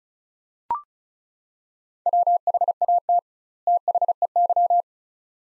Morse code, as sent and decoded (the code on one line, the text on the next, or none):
.-- .... .- - / - .... . -.--
WHAT THEY